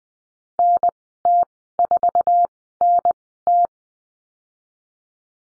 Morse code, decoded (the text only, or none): NT4NT